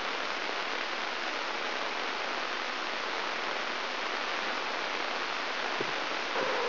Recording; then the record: brain microelectrode recording played as sound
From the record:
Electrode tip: inside the subthalamic nucleus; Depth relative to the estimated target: 1 mm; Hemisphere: right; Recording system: AlphaMap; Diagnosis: Parkinson's disease